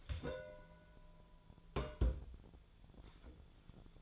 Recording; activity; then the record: daily activity, microphone in the room; place on stove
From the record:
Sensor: 5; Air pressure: 1010.0 hPa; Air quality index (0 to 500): 157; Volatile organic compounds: 3 ppm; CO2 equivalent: 1528 ppm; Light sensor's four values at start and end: 241/581/249/275 and 239/578/247/272